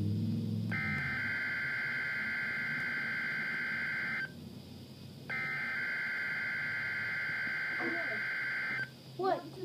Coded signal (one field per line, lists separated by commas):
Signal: Emergency Alert System (SAME) tones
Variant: header bursts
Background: speech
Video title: EAS #1: NOAA Weather Radio WWF35 Required Weekly Test 06/06/2012